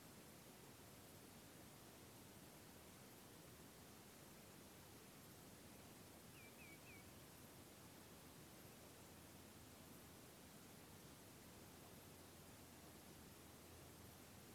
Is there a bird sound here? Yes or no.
yes